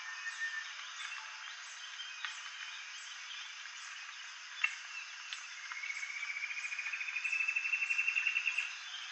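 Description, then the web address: Common paradise kingfisher call: after a few scattered notes and clicks, a rapid series of notes rises and grows louder for about three seconds, with insects droning throughout. Recorded in Indonesia. "ULM-DS-Lab indonesian-bird-sounds. Tanysiptera galatea"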